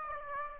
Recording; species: mosquito wingbeat signal from an infrared sensor; Aedes aegypti